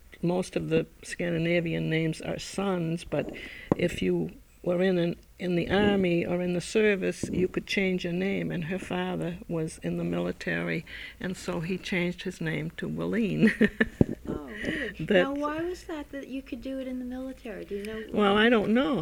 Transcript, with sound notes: Most of the Scandinavian names are sons but if you were in the army or in the service you could change your name and her father was in the military and so he changed his name to Welin. (She laughs.)
Why was that, that you could do it in the military?
Well, I don't know.